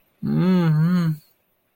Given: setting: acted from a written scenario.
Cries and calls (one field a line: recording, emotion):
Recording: vocal sound without words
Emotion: ecstasy